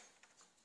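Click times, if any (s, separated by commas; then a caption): 0.2 s. The first plastic connector of a Turbotune tuning box is pushed into the fuel rail sensor plug on an Alfa Romeo 2.0 JTDM engine. A quiet, short click is heard at 0.2 seconds over a faint background hiss. The connector clicks in and is seated.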